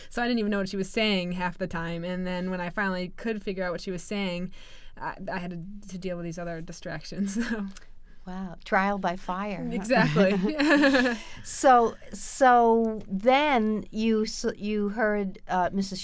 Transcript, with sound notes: So I didn't even know what she was saying half the time and then, when I finally could figure out what she was saying, I had to deal with these other distractions.
Wow. Trial by fire.
Exactly. (they laugh)
So, so then you, you heard Mrs.